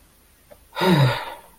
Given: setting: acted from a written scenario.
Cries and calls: vocal sound without words; sympathy

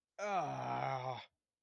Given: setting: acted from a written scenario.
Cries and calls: vocal sound without words; pain

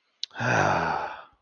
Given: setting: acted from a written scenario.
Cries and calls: vocal sound without words; contentment

